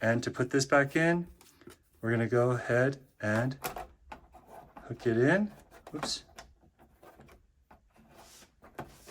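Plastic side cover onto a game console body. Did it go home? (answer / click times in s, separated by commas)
no / none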